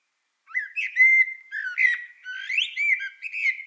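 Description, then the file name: Common blackbird singing rich, flute-like phrases that rise and fall, several linked whistled notes in a continuous warble. "Turdus merula"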